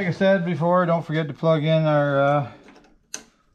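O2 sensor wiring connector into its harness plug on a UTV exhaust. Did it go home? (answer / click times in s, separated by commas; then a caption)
yes / 3.1 s. Someone talks for the first two and a half seconds, then the O2 sensor wiring connector is plugged into its harness plug on a Honda Talon 1000R UTV exhaust, just after an Evolution Powersports slip-on exhaust is fitted. A single sharp click is heard at 3.1 s as the connector seats fully.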